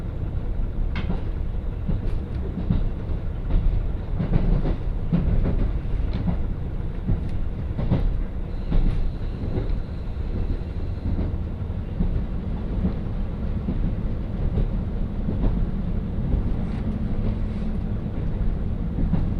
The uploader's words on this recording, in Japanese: 耳で楽しむ鉄道旅 函館本線 函館→池田園（藤城支線経由）。函館から大沼を経由して、2022年廃止駅（ちなみに乗車日は廃止前日です）の１つである池田園駅まで行ってみました。